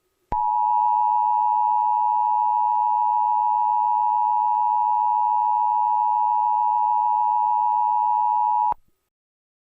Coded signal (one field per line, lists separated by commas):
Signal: Emergency Alert System (SAME) tones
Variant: 853 and 960 Hz attention tone